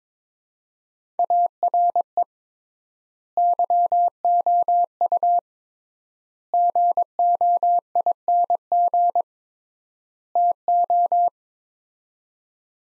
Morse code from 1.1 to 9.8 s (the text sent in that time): ARE YOU GOING